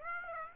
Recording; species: mosquito wingbeat signal from an infrared sensor; Aedes aegypti